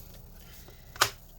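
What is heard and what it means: On an HP Pavilion x360 m Convertible 14m-ba114dx laptop being reassembled, a ribbon cable connector latch on the board is clipped back down. Against a quiet background, a faint click at 1.0 s is followed by a sharper, louder click at 1.0 s. The connector latch snaps down and is seated.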